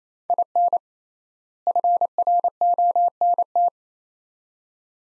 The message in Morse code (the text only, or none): IN FRONT